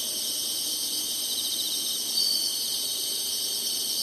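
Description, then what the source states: Insects keep up an even, high, shimmering buzz throughout, with only a slight swell partway through. Singing insects in summer.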